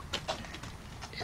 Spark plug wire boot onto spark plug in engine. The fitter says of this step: it down go to the spark plug do you hear a little click then